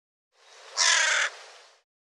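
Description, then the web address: Bird: single harsh, rasping caw from a bird lasting about half a second, framed by quiet hiss. "cianscape birddata Deverinetal 2025"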